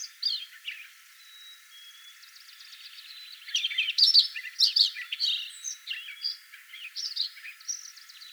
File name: Lincolns Sparrow singing